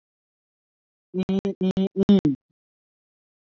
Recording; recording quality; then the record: sustained vowel as in beet; poor, much background noise or distortion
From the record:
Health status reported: COVID-19 positive, mild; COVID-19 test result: positive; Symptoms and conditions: cough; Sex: male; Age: 30 years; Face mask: not worn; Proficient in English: yes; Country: India